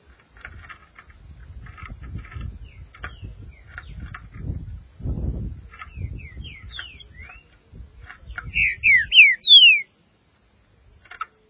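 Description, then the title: Green-winged saltator delivers four bright, slurred whistled notes near the end, after a stretch of low rumbling noise and soft chirps and ticks. "Trinca Ferro"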